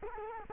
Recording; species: mosquito wingbeat signal from an infrared sensor; Culex quinquefasciatus